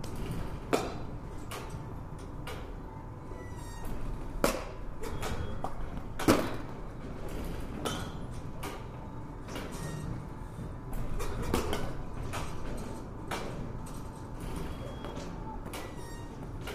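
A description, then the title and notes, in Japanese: Sharp cracks and knocks from a batting cage ring out every second or so, with the loudest hits near 1, 4.5 and 6.5 seconds. Beneath them runs a steady low rumble and faint murmur, joined by a thin whirring tone that holds throughout. バッティングセンターの音です。Sound of batting cage。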